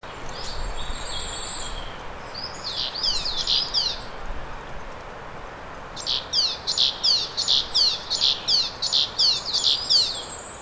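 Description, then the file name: Great tit calls: a short burst of buzzy high notes, then a fast run of many sharp, repeated chattering notes over steady background hiss. "Parus major"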